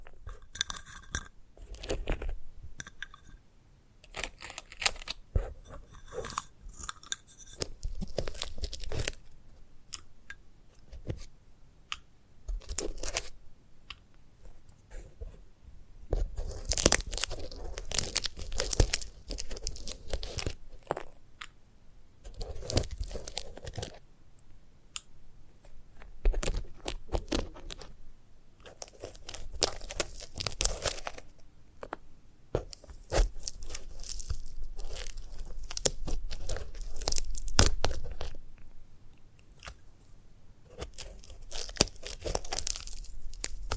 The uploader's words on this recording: ASMR of a Sunflower Head (No Talking).